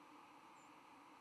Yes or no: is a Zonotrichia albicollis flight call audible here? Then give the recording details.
yes. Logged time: 06:50 on 10 November 2014